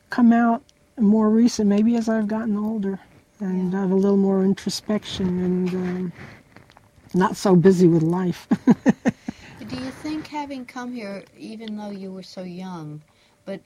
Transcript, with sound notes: come out more recent—maybe as I've gotten older and I have a little more introspection and not so busy with life. (laughs)
Do you think having come here—even though you were so young, but,